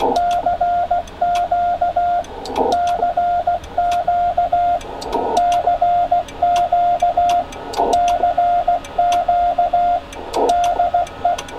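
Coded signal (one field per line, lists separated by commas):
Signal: Morse code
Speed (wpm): 16 wpm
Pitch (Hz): 700 Hz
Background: radio noise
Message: CQ CQ CQ CQ DE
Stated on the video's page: CW during a strong tropospheric opening on 902 MHz and 1296, with 300-plus-mile contacts made using Elecraft K3 transceivers.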